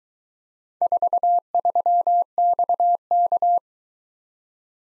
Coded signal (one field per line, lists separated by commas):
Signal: Morse code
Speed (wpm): 22 wpm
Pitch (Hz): 700 Hz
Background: none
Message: 43XK